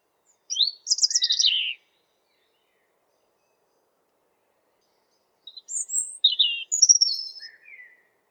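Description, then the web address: European robin song, two brief phrases of high tinkling notes and short trills separated by a long quiet gap of nearly four seconds. "geluiden roodborst zang"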